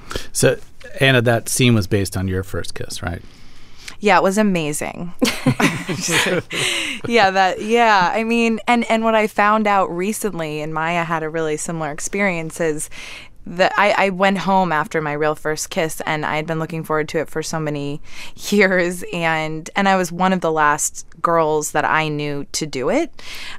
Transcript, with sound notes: So Anna, that scene was based on your first kiss, right?
Yeah, it was amazing.
(LAUGHTER)
Yeah, that - Yeah, I mean - and what I found out recently, and Maya had a really similar experience, is that - I went home after my real first kiss, and I had been looking forward to it for so many years, and I was one of the last girls that I knew to do it,